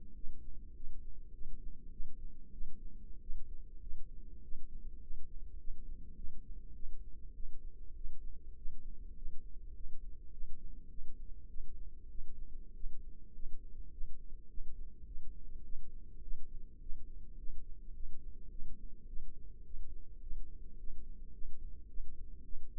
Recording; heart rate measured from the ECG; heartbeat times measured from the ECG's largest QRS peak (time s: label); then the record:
heart sounds by microphone in the left ear; 102 bpm
0.16 s: heartbeat
0.76 s: heartbeat
1.34 s: heartbeat
1.92 s: heartbeat
2.53 s: heartbeat
3.22 s: heartbeat
3.82 s: heartbeat
4.43 s: heartbeat
5.02 s: heartbeat
5.60 s: heartbeat
6.17 s: heartbeat
6.75 s: heartbeat
7.35 s: heartbeat
7.96 s: heartbeat
8.57 s: heartbeat
9.17 s: heartbeat
9.75 s: heartbeat
10.33 s: heartbeat
10.90 s: heartbeat
11.49 s: heartbeat
12.10 s: heartbeat
12.75 s: heartbeat
13.34 s: heartbeat
13.92 s: heartbeat
14.49 s: heartbeat
15.07 s: heartbeat
15.64 s: heartbeat
16.22 s: heartbeat
16.81 s: heartbeat
17.38 s: heartbeat
17.95 s: heartbeat
18.51 s: heartbeat
19.08 s: heartbeat
19.65 s: heartbeat
20.22 s: heartbeat
20.78 s: heartbeat
21.34 s: heartbeat
21.89 s: heartbeat
22.44 s: heartbeat
From the record:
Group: healthy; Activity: rest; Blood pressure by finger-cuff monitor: 132/84 mmHg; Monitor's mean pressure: 97 mmHg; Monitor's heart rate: 103 bpm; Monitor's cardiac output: 8.2 L/min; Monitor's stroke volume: 80 mL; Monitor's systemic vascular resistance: 890 dyn s/cm5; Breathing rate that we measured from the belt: 15 breaths a minute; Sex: female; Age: 19 years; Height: 163 cm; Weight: 51 kg